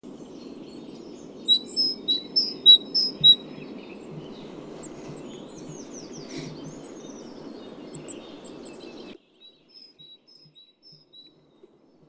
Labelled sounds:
Great Tit song
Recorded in the wild
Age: adult
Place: Schönow, Naturpark Barnim, Brandenburg, DE
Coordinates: 52.6858, 13.5347
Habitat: pine forest
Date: 2005-03-28
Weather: fair, ca. 0°C, moderate winds
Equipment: Tascam DA-P1, Telinga Pro 5, Attenuator 20 dB
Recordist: Frommolt, Karl-Heinz

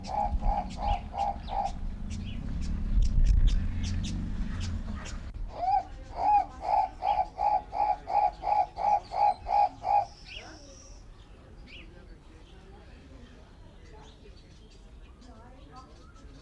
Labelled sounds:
Guinea Turaco call
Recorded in captivity
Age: adult
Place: Zoo Berlin, Berlin, DE
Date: 1994-04-16 12:20
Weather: heiter, 7-12°C
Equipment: Marantz CP 430, Sennheiser ME 80, Kopie Uher Variocord 263
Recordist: Tembrock, Günter

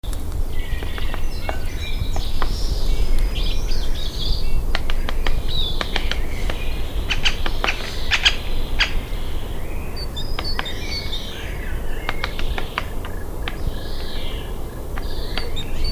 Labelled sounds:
Great Spotted Woodpecker
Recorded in the wild
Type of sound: pecking, call
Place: Bernau bei Berlin, Forst Bernau, Brandenburg, DE
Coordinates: 52.6975, 13.5211
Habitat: wood
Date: 2007-02-18 16:30
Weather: heiter, 7-8°C
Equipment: Sound Devices 702, Sennheiser MKH 70, Windkorb
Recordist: Frommolt, Karl-Heinz
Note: Rieselfläche bei Bernau Waldfrieden: Klopfen und Ruf. Tier gesehen

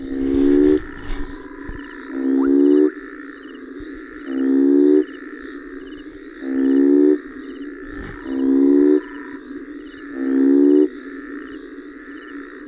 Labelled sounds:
African Split-skin Toad call
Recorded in the wild
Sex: male
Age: adult
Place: Hoedspruit, Marepe Lodge, ZA
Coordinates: -24.45, 30.84
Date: 1995-01-25
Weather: 19,5°C
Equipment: Sony TCD-D3, Sennheiser ME 80, K 30 AV
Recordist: Gutsche, Alexander

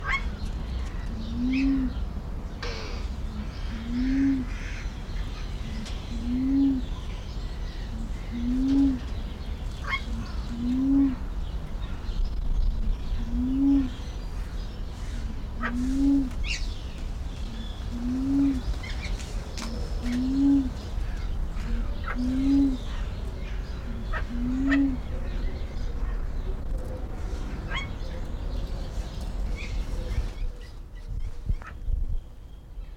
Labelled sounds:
Golden Myna
Jambu Fruit Dove
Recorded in captivity
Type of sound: song, call, cry
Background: Ptilinopus jambu
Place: Zoo Berlin, Berlin, DE
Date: 1993-03-06 11:03
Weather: 3-6 °C, heiter bis wolkig
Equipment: Marantz CP 430, Sennheiser ME 80, Kopie Uher Variocord 263
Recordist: Tembrock, Günter
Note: Diverse Lautformen

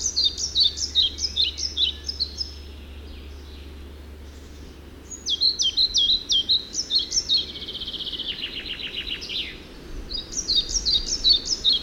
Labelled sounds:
European Pied Flycatcher song
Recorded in the wild
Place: Granitz, Insel Rügen, Mecklenburg-Vorpommern, DE
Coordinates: 54.385, 13.601
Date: 1971-05-30
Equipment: Nagra III BH, Sennheiser MD 21, parabola
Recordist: Schubert, Michael

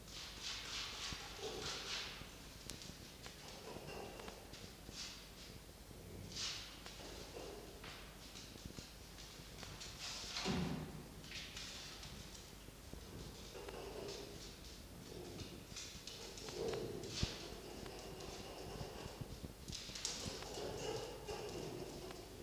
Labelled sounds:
Red Fox
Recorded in captivity
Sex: male
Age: adult
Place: Zoologisches Institut der HUB, Berlin, DE
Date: 1953-03-23 18:50
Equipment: Elmetra
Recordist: Tembrock, Günter

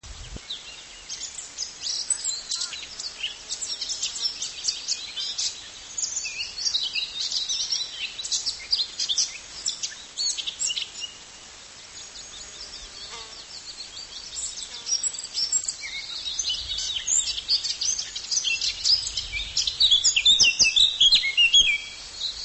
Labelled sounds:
Eurasian Blackcap song
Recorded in the wild
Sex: male
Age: adult
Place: Linum, Brandenburg, DE
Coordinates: 52.765, 12.87
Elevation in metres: 35
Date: 1999-04-25 16:34
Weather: fair to cloudy, ca. 17°C
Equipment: Sony MD-WM MZ-R3, Sennheiser MKH 416 T, Kopie Uher 4000 Report Monitor
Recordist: Tembrock, Günter

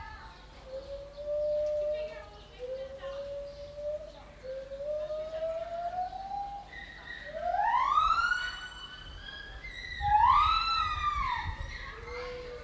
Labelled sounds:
Lar Gibbon call
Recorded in captivity
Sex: pair
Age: adult
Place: Zoo Berlin, Berlin, DE
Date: 1995-04-01 12:50
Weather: bedeckt - heiter, 6 - 8 °C, böiger Wind
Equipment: Marantz CP 430, Sennheiser ME 80, Kopie Uher Variocord 263
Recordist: Tembrock, Günter

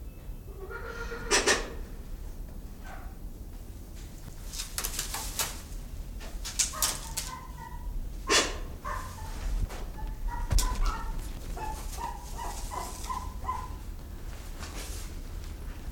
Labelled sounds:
Silvery-cheeked Hornbill call
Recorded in captivity
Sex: pair
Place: Zoo Berlin, Berlin, DE
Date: 1996-03-13 15:21
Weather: bedeckt, 2°C
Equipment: Sony WM-D6C, Sennheiser ME 80, Kopie Uher 4000 Report Monitor
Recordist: Tembrock, Günter

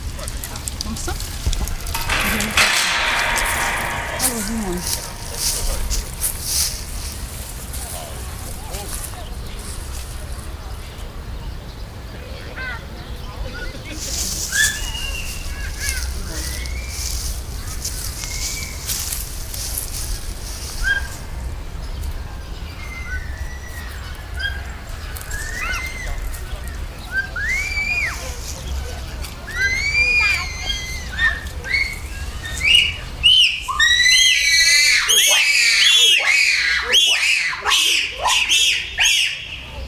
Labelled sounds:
Bonobo call
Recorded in captivity
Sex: male
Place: Zoo Berlin, Berlin, DE
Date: 1996-04-06 14:20
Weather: fair, 10-16°C
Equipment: Sony MD-WM MZ-R3, Sennheiser MKH 416 T, Kopie Uher 4000 Report Monitor
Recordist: Tembrock, Günter
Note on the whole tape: Wohl erstmals 1996 in Freianlage gelassen, Laute überwiegend vom Männchen "Santi", diverse Lautformen (Entfernung 10-20 m)

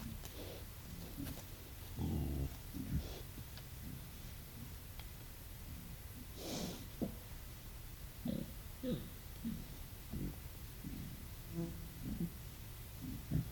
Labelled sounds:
Wild Boar grunting
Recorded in the wild
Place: Serrahn, Mecklenburg-Vorpommern, DE
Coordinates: 53.67, 12.35
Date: 1969-05-10
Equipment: Nagra III BH, Sennheiser MD 421
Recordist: Schubert, Michael
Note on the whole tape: Schwarzwild, Grunzen u. Schnauben (10.-13. 5. 1969)

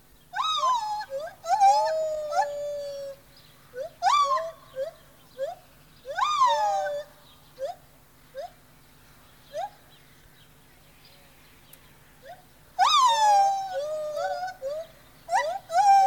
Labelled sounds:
Lar Gibbon
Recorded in captivity
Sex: pair
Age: adult
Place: Tierpark Berlin, Berlin, DE
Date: 1986-03-08
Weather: diesig, 3°C, windstill
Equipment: Nagra SN, Kopie Uher 4000 Monitor Report
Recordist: Tembrock, Günter

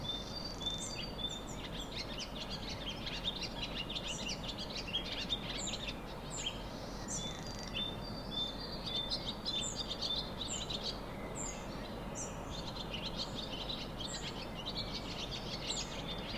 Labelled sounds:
Barn Swallow
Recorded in the wild
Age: adult
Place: Untertweng, AT
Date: 1972-05-12
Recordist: Brunner, Thomas

